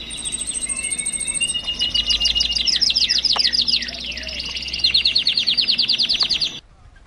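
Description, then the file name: Atlantic canary: high, rapid trilled song of repeated chattering notes and rolling phrases that shift every second or two, ending abruptly; low hum underneath. Canaries singing together as a group (ombyokan). "kenari ombyokan omkicau"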